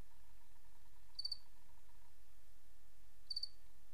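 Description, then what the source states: Cricket chirp, two short triple-pulsed chirps about two seconds apart against steady hiss and a faint steady tone. 28 August 2007; white-noise crickets.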